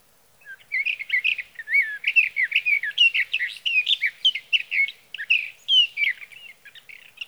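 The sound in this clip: Sage thrasher singing a sustained, rambling warble of rapid varied whistles and slurred notes, lasting around seven seconds without a break.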